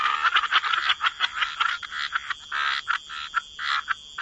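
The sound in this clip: Frogs croaking in a chorus, short bursts of raspy notes repeating several times a second, over a constant high-pitched background hum.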